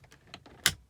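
An E30 six-button on-board computer unit is pushed back into its dashboard opening, with a few faint taps and knocks before one sharp, loud click at 0.7 s as its plastic retaining clips engage. Both clips are in and the unit is seated.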